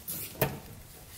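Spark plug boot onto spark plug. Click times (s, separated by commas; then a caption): 0.4 s. A rubber spark plug boot is pushed onto the spark plug terminal of a Honda generator engine until it seats. There is a soft, brief rustle near the start, then a small, sharp click at 0.4 s. The boot is seated.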